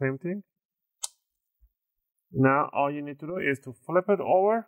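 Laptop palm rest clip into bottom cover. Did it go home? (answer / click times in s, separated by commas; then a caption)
yes / 1.0 s. The palm rest of an Asus BR1100CK laptop is pressed along its edge, and another plastic clip snaps home into the bottom cover with a sharp click at 1.0 s. Someone talks before and after the click. The laptop case clip is seated, just before the laptop is flipped over.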